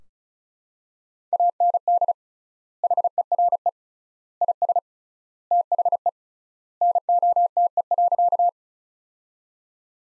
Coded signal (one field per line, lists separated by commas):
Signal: Morse code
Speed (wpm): 34 wpm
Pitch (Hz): 700 Hz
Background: none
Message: AND HERE IS THE NOTE.